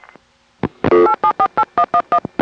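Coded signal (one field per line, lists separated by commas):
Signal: DTMF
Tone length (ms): 70 ms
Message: 8748111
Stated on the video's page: Telephone line recording from 1974.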